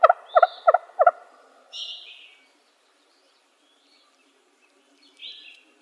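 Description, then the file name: Wild turkey gobbling, four quick loud stacked notes in about a second, followed by a few softer high chirps from other birds and then quiet. Wild turkey recorded in Arizona on 17 May 2007. "W TURKEY deviche"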